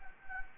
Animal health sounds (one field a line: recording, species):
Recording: mosquito wingbeat signal from an infrared sensor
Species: Anopheles gambiae